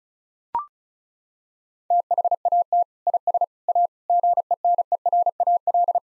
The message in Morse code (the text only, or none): THAT IS A GENERAL